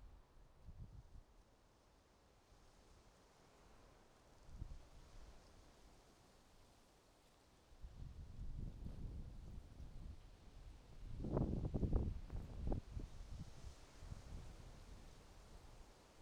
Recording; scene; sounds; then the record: everyday scene through a hearing-aid microphone; wind on the microphone; wind, traffic, birds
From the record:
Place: suburban garden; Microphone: in the ear canal, right